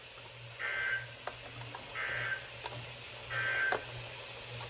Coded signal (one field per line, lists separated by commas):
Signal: Emergency Alert System (SAME) tones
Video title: I BUTCHERED IRBY! Alerts from 7/1/23 (EAS #691 - 699)